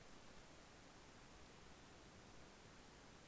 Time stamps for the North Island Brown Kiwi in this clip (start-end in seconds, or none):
none